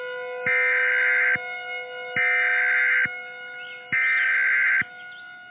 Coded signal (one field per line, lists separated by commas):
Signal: Emergency Alert System (SAME) tones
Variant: header bursts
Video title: The Stars - An EAS Scenario